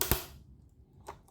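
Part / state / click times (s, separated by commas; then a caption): sealed plastic comic slab shell halves / released / 0.0 s, 0.1 s. A screwdriver is twisted into the seam of a sealed hard plastic comic book slab (Booster Gold #1) to pry the welded shell halves apart. Sharp cracking pops ring out at 0.0 and 0.1 seconds as the seal breaks open, followed by fainter ticks near 1.1 seconds. The slab seal is released.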